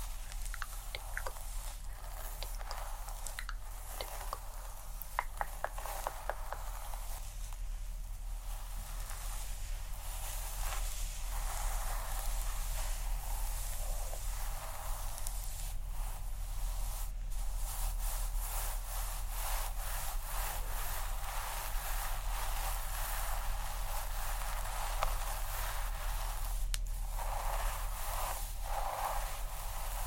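Scalp massage with steady scratching and rubbing through hair, a dense, even texture of quick scrapes over a constant low hum.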